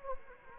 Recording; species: mosquito wingbeat signal from an infrared sensor; Anopheles gambiae